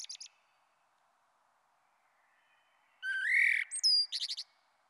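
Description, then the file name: Common blackbird song: a rich warbled phrase after a pause, mellow whistles sliding into high squeaky twittering, with a brief high fragment at the start. "Merle Noir"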